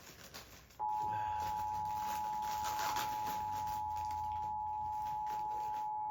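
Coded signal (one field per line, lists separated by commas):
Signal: Emergency Alert System (SAME) tones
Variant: 853 and 960 Hz attention tone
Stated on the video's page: Tornado Warning received via Charter Spectrum cable, DASDEC II ENDEC, in Janesville, Wisconsin.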